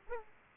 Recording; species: mosquito wingbeat signal from an infrared sensor; Aedes aegypti